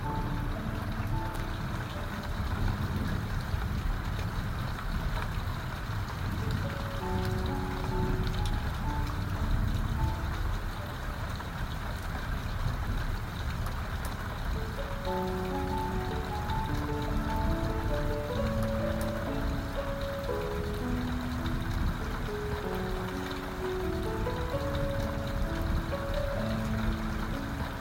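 Rain rushes steadily and densely throughout, with a heavy low rumble underneath. Short, clear tones like a slow tune sit over it, sparse in the first half and busier and more continuous from about fifteen seconds on.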